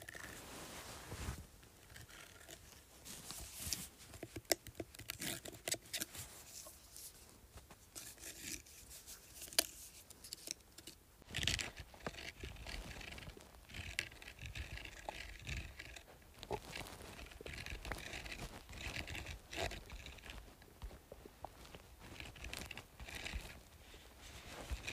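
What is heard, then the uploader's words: Dry scratching on a speaker, with fingernails rasping and rubbing across its surface in quick, irregular strokes. The scraping is nearly continuous and bright, broken by sharper louder scratches around five and eleven seconds, with softer rubbing sounds filling the gaps. ASMR Scratching Speaker.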